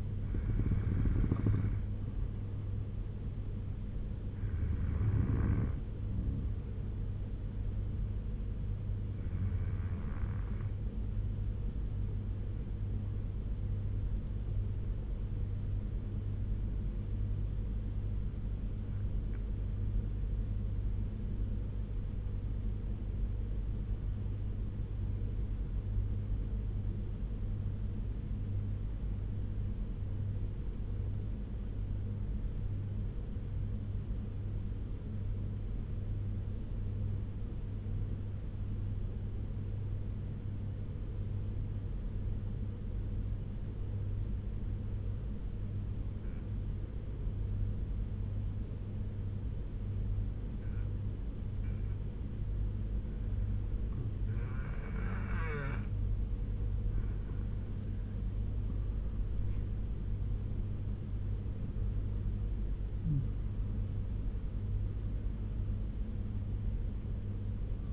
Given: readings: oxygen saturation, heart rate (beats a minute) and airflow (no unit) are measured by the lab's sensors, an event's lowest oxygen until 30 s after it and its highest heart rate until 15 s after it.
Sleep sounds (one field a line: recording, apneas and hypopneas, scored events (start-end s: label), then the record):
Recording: breathing in sleep by a smartphone at the bedside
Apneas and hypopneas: 1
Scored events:
6.00-66.00 s: new sleep stage, N2 (light sleep)
17.00-54.80 s: obstructive apnea (N2, oxygen 97% highest, then 87% lowest, heart rate 75 at the start, 83 highest)
66.00-67.93 s: new sleep stage, N1 (lightest sleep)
From the record:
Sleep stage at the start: N1 (lightest sleep)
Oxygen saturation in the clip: 85 to 97%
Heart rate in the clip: 69 to 83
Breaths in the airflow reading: 7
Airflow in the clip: -8.6 to 10.9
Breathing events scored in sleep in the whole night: 201 in 6.5 hours asleep